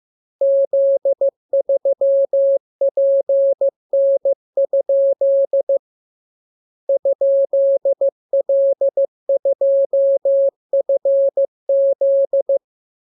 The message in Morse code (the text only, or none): Z3PN? ?L2FZ